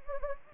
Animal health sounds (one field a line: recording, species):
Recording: mosquito wingbeat signal from an infrared sensor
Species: Anopheles gambiae